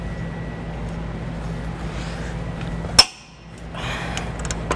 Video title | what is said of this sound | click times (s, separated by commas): 1988 Toyota 4Runner Trailer Hitch Installation | that nice click and then we're going to come from the underside so that we can get our | 3.0 s